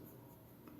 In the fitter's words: it clicks out like it just automatically comes out and then you can just twist it